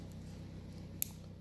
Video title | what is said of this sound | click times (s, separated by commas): 1968 belair wiring | and you'll you hear a click then you see it's there in | 1.0 s